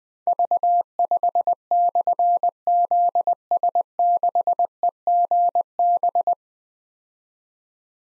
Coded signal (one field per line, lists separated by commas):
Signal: Morse code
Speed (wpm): 20 wpm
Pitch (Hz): 700 Hz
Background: none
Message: V5/ZS6EGB